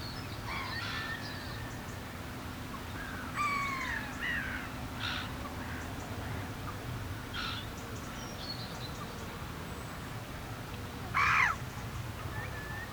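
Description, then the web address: Curlew calls: brief curved whistles, some sliding downward, and a sharp loud note near the end, over steady low background noise. "Effects 02-Birds, Insects Animals. Birds Curlews, Oystercatchers"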